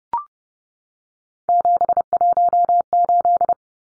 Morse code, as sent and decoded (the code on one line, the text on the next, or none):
--... .---- ---..
718